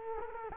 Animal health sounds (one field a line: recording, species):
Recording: mosquito wingbeat signal from an infrared sensor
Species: Culex quinquefasciatus